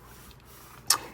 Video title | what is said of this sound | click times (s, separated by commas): Transformers Age Of The Prime SUPERION Review ans Transformation | and then push out the foot till it snaps in place. Now we got this done. | 0.9 s